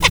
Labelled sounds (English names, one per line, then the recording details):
Zebra Finch tet call
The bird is a female
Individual fem9